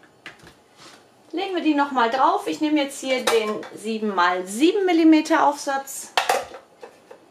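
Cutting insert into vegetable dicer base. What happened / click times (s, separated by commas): The plastic insert is being handled but has not yet clicked into place / none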